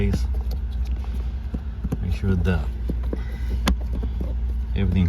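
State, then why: Seated. A plastic cabin filter access cover on a 2020 Q5 is pressed back into its dashboard housing under the dash while someone talks over a low hum and scattered small knocks. A sharp, loud snap at 3.7 s marks the cover's clip seating home, and the cover is clicked in place.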